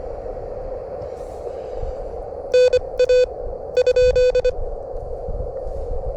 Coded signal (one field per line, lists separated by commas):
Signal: Morse code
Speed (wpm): 25 wpm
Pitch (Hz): 1500 Hz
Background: none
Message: NA ?